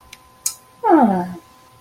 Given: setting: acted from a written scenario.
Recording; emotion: vocal sound without words; neutral